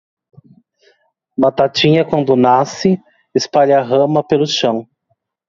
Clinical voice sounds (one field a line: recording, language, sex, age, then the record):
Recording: short text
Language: Brazilian Portuguese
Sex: male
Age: 30 to 39 years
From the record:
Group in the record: control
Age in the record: 31 years